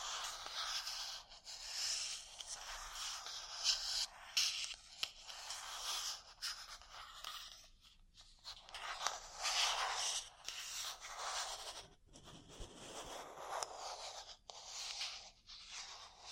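Close, crackly scratching and rubbing of ear cleaning and massage, dense and uneven, with brief silent gaps near 8 and 12 seconds.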